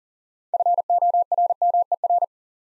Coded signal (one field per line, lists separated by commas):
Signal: Morse code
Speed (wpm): 40 wpm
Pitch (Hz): 700 Hz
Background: none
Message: FORMER